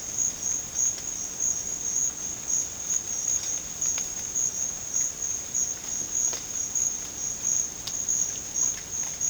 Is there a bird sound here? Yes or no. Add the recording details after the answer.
no. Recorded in dense forest near Puerto Asís, Putumayo, Colombia, on 9 March 2025 at 14:30. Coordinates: 0.486, -76.317. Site G053